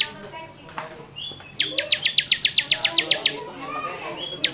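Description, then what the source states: Bar-winged prinia song: one quick, steady run of about a dozen piercing high notes after soft chirps, then a single note at the end. Song in the 'ngebren' style.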